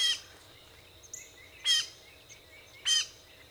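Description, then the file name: Gray catbird mew calls: three harsh, nasal notes spread over a few seconds, with soft high chirps between them. Mew calls; 14 April 2018. "2018-04-14 GRCA Mews"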